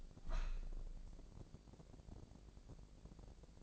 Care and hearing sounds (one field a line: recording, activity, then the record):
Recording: daily activity, microphone in the room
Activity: open window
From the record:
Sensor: 5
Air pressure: 1012.4 hPa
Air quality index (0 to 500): 162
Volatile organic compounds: 2 ppm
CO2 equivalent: 1097 ppm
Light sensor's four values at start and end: 69/166/68/72 and 69/166/68/72